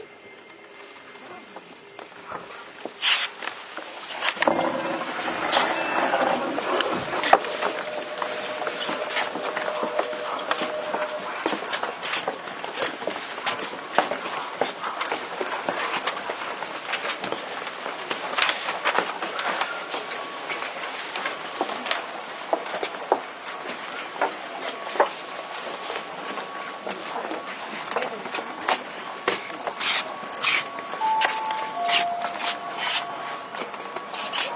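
A Keio 1000 series train running between Shibuya and Kichijoji. A dense, steady clatter and rush fills the clip after about five seconds, studded with frequent sharp clicks and squeals, and thin tonal whines come and go near 20 and 31 seconds.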